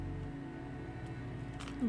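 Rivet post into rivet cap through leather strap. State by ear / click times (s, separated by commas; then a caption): not seated / none. A too-long two-part leather rivet post is pressed into its cap through a leather bracelet strap while music plays and someone talks. Two brief, soft pressing sounds come at about 1.6 and 1.7 seconds. The rivet will not go in, and nothing has snapped home yet.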